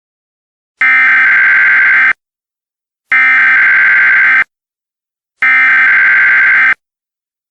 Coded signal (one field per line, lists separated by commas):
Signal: Emergency Alert System (SAME) tones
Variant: header bursts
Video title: EAS Scenario: Fused